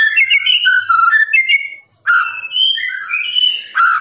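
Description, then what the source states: Lovebird squeaky chatter of rising and falling chirps, a short break, then more bright, buzzy whistled notes. Lovebird's long ngekek song, used as a master recording for training birds.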